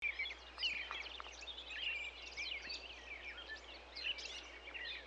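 Bird calls: a busy mix of short high chirps and warbled notes over a faint steady low hum.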